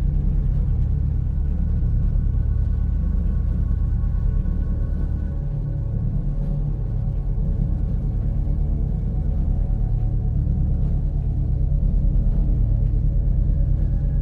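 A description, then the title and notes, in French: Calm, muffled sounds: a steady low drone with layered humming tones, a faint higher ring near the end, unchanging throughout. Sons calmes et sourds. Ces bruits doux et enveloppants.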